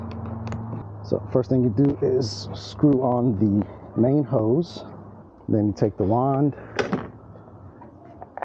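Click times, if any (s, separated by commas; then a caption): 8.4 s. Someone talks while working on an electric pressure washer, with faint handling noise between phrases. Near the end, the wand is pushed into the trigger gun and seats with a sharp pop at 8.4 s.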